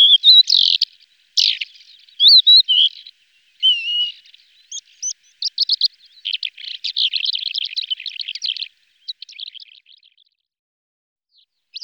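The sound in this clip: Lesser short-toed lark sings a mix of sharp chirps, short whistled slurs and a fast rattling twitter that fades out near the end.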